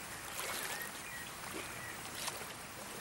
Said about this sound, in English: I used to go camping in Rossby when I was a kid. Just like this. This is a bit of stream near us when I was a lad.